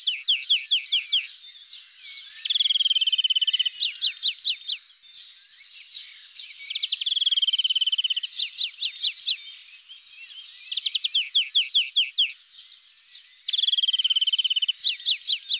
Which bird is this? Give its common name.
European Greenfinch